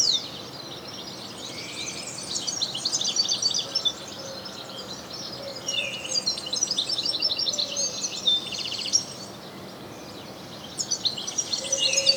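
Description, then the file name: European goldfinch song in several bursts of fast, sparkling twitters, one including a brief buzzy trill, separated by short quieter gaps. "Carduelis carduelis"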